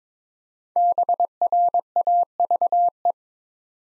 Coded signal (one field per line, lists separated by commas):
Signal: Morse code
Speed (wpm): 22 wpm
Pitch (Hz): 700 Hz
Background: none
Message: BRAVE